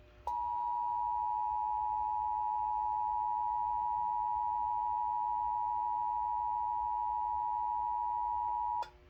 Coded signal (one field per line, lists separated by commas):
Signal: Emergency Alert System (SAME) tones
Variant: 853 and 960 Hz attention tone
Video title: IPAWS Open CAP Feed Configuration RWT on the Sage Digital Endec (11/14/22) (EAS#386)